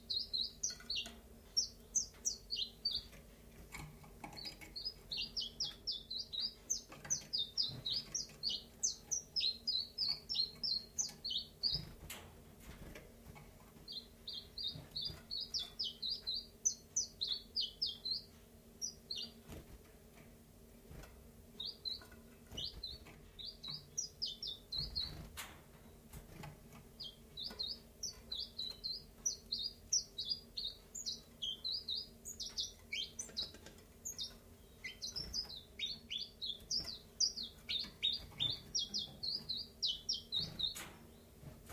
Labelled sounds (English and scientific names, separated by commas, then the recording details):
Common Chiffchaff (Phylloscopus collybita)
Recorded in captivity
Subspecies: collybita
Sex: male
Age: adult
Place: Zoologisches Institut Universität Tübingen, Baden-Württemberg, DE
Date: 1963-03-08 10:45
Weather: Zimmertemperatur 24°C
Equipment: LGS26
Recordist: Schneider, Hans-Joachim
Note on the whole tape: Rivalengesänge. urspr. Versuchsanordnung: Doppelkäfig mit undurchsichtiger Trennwand: ein Paar (Männchen: blau gelb/gelb, Weibchen: blau gelb/grün) und benachbart ein Weibchen (blau rot/grün)